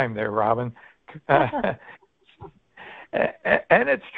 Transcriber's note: laughs